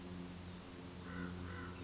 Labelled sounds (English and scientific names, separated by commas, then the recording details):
American Crow (Corvus brachyrhynchos)
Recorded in Sonoma County, California